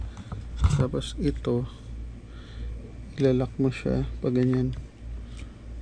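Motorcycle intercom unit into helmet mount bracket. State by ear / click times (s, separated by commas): seated / 5.4 s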